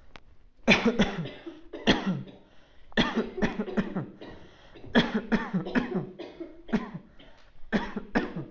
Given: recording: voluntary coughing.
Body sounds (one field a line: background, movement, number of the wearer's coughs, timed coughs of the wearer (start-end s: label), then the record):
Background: a bystander coughing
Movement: sitting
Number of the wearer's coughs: 12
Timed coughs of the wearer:
0.65-0.96 s: cough
0.96-1.25 s: cough
1.84-2.19 s: cough
2.94-3.26 s: cough
3.40-3.75 s: cough
3.75-4.14 s: cough
4.92-5.29 s: cough
5.29-5.63 s: cough
5.73-6.11 s: cough
6.71-7.02 s: cough
7.71-8.08 s: cough
8.13-8.47 s: cough
From the record:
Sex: male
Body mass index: 20.5 kg/m2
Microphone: on the chest, facing outward